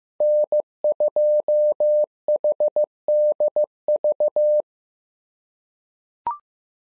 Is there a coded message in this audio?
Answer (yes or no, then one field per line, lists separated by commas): yes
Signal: Morse code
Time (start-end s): 0.2-4.6 s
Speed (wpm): 15 wpm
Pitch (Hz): 600 Hz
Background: none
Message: N2HDV